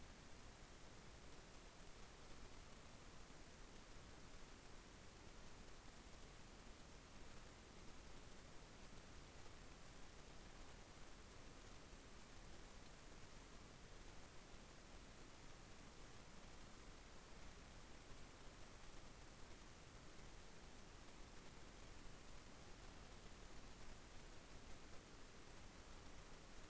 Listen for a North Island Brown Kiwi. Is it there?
no